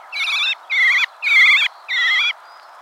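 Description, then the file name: Common blackbird uttering four drawn-out, grating notes with a wavering tone in quick succession. "Turdus merula"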